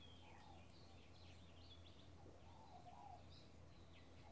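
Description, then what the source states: Birds: bird chorus with high twittering and chirped notes, a few low cooing phrases, steady low hum underneath. Bird ambience in a field in the early morning with a slight breeze.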